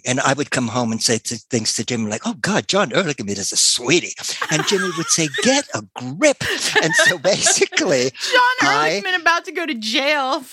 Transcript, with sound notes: And I would come home and say things to Jimmy like, "Oh god, John Ehrlichman is a sweetie!" And Jimmy would say, "Get a grip!" And so basically - (laughing) John Ehrlichman, about to go to jail!